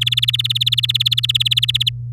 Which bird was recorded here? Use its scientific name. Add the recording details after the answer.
Serinus canaria. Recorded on 11 May 2018 at 08:30. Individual llb16